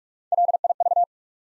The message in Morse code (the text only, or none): LIV